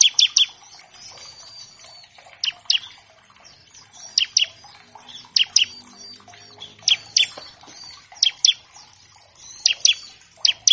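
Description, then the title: Bar-winged Prinia song: pairs and triplets of sharp high chips spaced throughout, with continuous faint warbling and chirping behind. Gacor (actively singing) ciblek paired with a gacor canary as a master track for training captive birds of all kinds; also a lure to make ciblek sing quickly. "Masteran Ciblek Gacor Vs Kenari Gacor Untuk Masteran Semua Jenis Burung. Pancingan Ciblek bahan agar cepat bunyi. Burung Ciblek"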